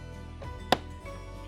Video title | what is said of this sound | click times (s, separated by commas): Install of Form Lighting Smoked Reverse Light, Side Markers, and Rear Valance Reflectors for S650 🔥🔥 | Hear it snap real nice and tight, | 0.7 s